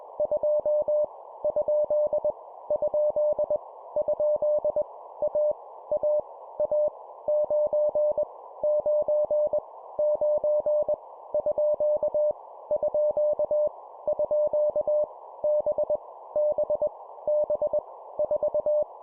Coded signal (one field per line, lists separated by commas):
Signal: Morse code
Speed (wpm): 21 wpm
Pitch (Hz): 600 Hz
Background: none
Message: 2 ? ? ? A A A 9 9 9 _ _ _ B B B 4